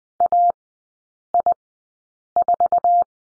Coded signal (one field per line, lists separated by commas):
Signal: Morse code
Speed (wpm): 20 wpm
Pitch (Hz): 700 Hz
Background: none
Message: AI4